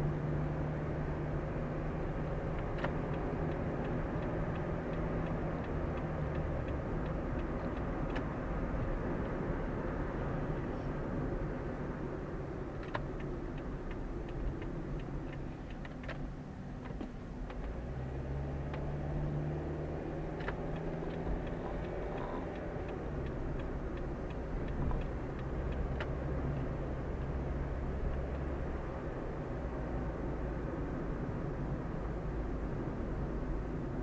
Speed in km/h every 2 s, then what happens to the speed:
45, 50, 54, 55, 56, 48, 40, 31, 21, 26, 35, 41, 42, 44, 46, 44, 40.
0-4 speeds up to 54. 4-9 steady at about 55. 9-16 brakes to 21. 17-22 speeds up to 41. 22-29 steady at about 42. 29-34 slows to 40.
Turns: none.